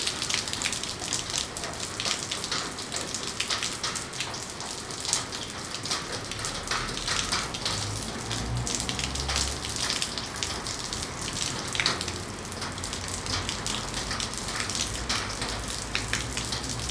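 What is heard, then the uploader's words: Rain drums steadily on a metal roof, a dense, bright patter of countless drops with sharper individual pings scattered throughout, notably around 5 and 12 seconds. A faint low rumble sits underneath, swelling briefly near the middle, while the overall level stays even. Rain on the Metal Roof.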